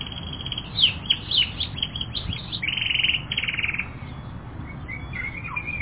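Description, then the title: Canary song beginning with varied chirps, then a long rapid rattling trill, ending in softer scattered whistled notes. Several canaries. "kenarijos"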